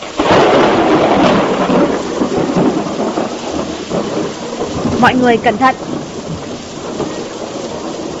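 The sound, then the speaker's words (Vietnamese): Heavy rain pours in a loud, steady roar while deep thunder rumbles underneath; midway a person briefly shouts over the storm. “Một luồng sáng cực lớn bùng lên, sóng to mưa lớn, gió quặn mây vần, sầm sập tuôn trào.”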